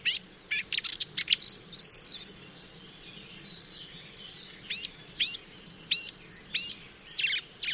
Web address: chant didier collin rousserolle verderolle